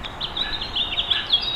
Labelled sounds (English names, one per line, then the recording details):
House Finch song
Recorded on Long Island, New York, on 5 June 2011
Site MA
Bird A